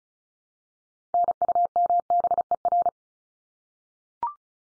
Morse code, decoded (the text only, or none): NUMBER